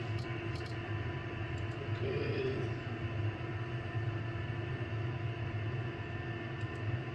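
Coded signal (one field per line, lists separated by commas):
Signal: FT8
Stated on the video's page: FT8 on 60m from an Icom IC-756 Pro.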